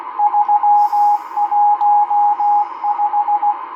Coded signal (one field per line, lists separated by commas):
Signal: Morse code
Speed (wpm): 16 wpm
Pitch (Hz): 830 Hz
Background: radio noise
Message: 315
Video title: Realistic DX-394 - M12 Morse Code Numbers 01/09/2023 1920 UTC 12167kHz